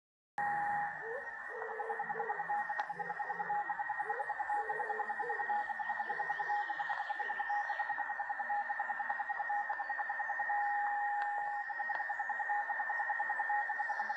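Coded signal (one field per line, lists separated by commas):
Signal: radio time signal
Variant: Russian Beta VLF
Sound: steady whistling tone that breaks into rapid pulses about ten per second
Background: radio static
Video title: Wave Hunting 10. Juli 2016 - Viererfeld Session - Zeitzeichensystem Beta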